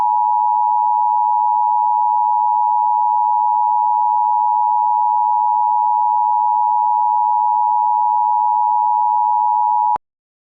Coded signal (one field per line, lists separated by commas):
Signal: Emergency Alert System (SAME) tones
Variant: 853 and 960 Hz attention tone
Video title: EAS SIMULACIÓN / EAS MOCK: Alerta De Tormenta Severa para Lincoln, Dakora del sur